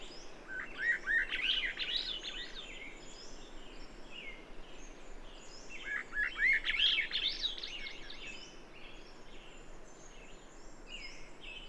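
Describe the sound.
Bird song: two rapid, twittering warbled phrases about five seconds apart, with scattered soft whistles throughout.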